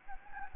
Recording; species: mosquito wingbeat signal from an infrared sensor; Anopheles gambiae